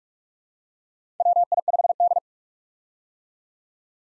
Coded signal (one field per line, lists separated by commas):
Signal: Morse code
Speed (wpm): 47 wpm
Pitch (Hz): 700 Hz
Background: none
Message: WI5D